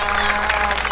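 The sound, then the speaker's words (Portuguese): Audience applause for João Dudu, a dense and steady patter of many hands clapping at once, loud and continuous throughout the short moment with no voices standing out. “Uma salva de palmas que ele merece.”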